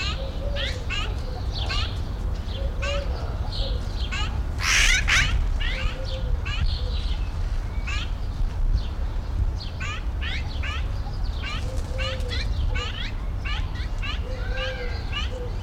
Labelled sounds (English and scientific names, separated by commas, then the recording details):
Himalayan Snowcock (Tetraogallus himalayensis) call
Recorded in captivity
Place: Zoo Dresden, Sachsen, DE
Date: 1993-05-17
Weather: heiter, 22-26 °C
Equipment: Sony WM-D6C, Sennheiser ME 80, Kopie Uher Variocord 263
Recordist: Tembrock, Günter